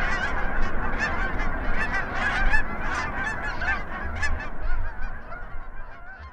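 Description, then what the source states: Canada goose honks, a rapid series of loud nasal calls from several birds, thinning out toward the end, with low rumbling noise beneath. Canada geese calling at takeoff.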